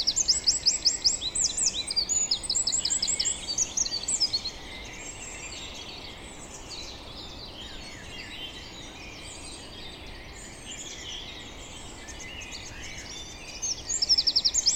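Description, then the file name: Eurasian wren giving a brisk, high, trilling song for about four seconds, then a long stretch of steady hiss before a short burst of song returns at the end. "Troglodytes troglodytes"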